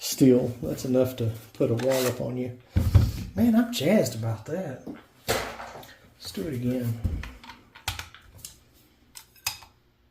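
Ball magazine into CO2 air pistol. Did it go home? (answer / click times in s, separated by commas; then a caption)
no / none. Someone talks while handling the ball magazine of a Mercury Rise IntruBuster .68 caliber CO2 air pistol that fires 9.9 g balls, preparing to reload it. Short, sharp handling knocks are heard near 7.9 s, 8.0 s and 9.5 s. Nothing has seated or clicked into place yet.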